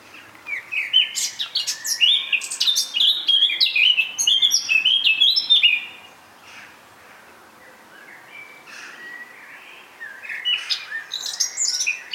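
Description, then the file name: Eurasian blackcap song: a loud, busy warble for about six seconds, a quiet gap, then a shorter burst of notes near the end. "Sylvia atricapilla"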